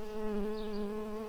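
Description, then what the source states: Early bumblebee buzzing: a steady, low, droning hum with rich overtones, holding even pitch throughout, with faint background hiss. Worker bees.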